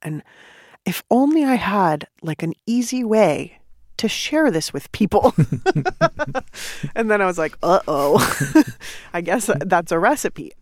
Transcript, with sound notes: And if only I had, like, an easy way to share this with people.
(LAUGHTER)
And then I was like, uh-oh, (laughter) I guess that's a recipe.